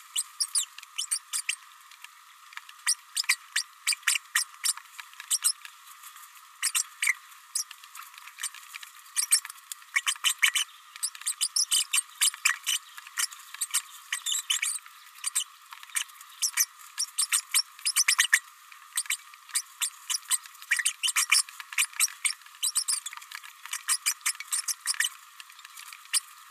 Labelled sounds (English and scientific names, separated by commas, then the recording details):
Green-rumped Parrotlet (Forpus passerinus) babbling
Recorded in a nest box in Venezuela
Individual 18B104A3